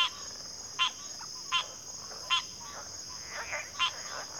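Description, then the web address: Crickets keep up a steady, shrill, high drone, with several loud buzzy calls and a few softer ones over it. Chorus of crickets at a backwater. "WLL Grade 1-12 Pre-Uni Library Natures Songs Sleep Sounds of Nature CRICKETS Backwater Chorus"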